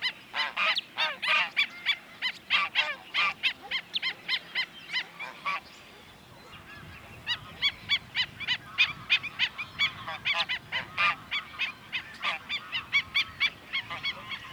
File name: golyatocs hangja